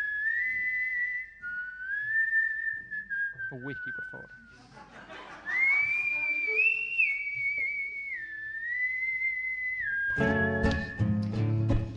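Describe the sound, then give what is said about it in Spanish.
A person whistles a slow, wavering tune in long sustained notes that slide and step between pitches, briefly interrupted midway, before a voice speaks a short line at the end. “Tengo un problema, estoy perdiendo el silbido.”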